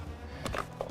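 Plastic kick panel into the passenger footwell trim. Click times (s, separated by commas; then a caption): 0.5 s, 0.6 s, 0.8 s. A plastic footwell kick panel is pressed back onto the dash side of the passenger footwell trim in a 2020 Jeep Wrangler JL Sport. Short, sharp snaps ring out at 0.5, 0.6 and 0.8 seconds over a low background hum. The panel snaps into place and is seated.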